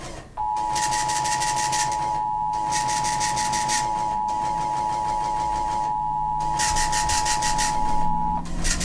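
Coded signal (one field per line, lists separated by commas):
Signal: Emergency Alert System (SAME) tones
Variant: 853 and 960 Hz attention tone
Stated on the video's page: Child Abduction Emergency alert received on WJON IP radio stream.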